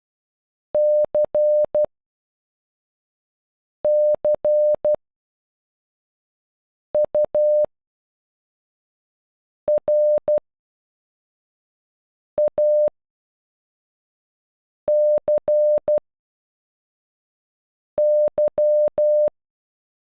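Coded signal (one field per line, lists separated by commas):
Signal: Morse code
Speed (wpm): 12 wpm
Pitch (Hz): 600 Hz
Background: none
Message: C C U R A C Y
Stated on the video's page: Morse code for the word at normal speed and at half speed, with timing and rhythm.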